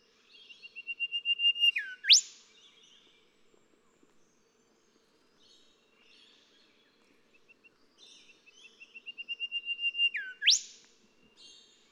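Golden whistler song given twice about eight seconds apart, each a string of clear whistled notes growing louder before a dropping note and a ringing upward crack.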